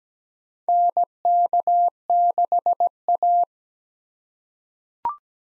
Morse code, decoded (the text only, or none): NK6A